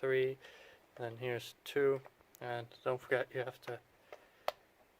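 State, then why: Seated. Someone talks while the cylinder 2 ignition lead connector on a Saab 900 NG engine is pushed down onto its spark plug under the cover with a little pressure. A faint tick comes at 4.1 s, then a sharp, loud click at 4.5 s as the connector seats onto the plug.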